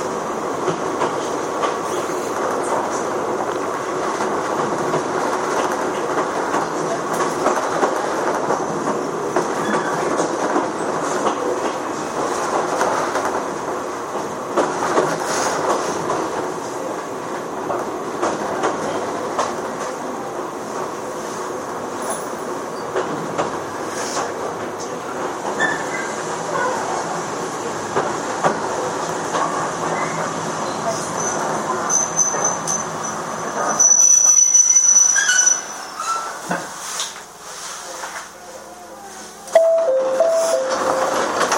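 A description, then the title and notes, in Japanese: A Chichibu Railway Series 7500 train runs between Hanyu and Kumagaya, a steady dense rumble of wheels and motor filling the first half minute. Around 34 seconds the sound shifts, with a brief high whine and a sharp squeal near 39 seconds as the noise drops and changes. 秩父鉄道7500系 羽生ー熊谷。秩父鉄道本線 羽生→熊谷の区間で録音。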